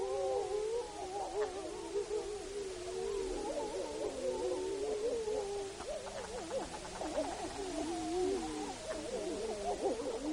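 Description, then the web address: Wolf chorus of several overlapping howls, low and quavering, rising and falling continuously throughout. Recorded in Alaska on 2 April 2015, about 09:30. "Wolves"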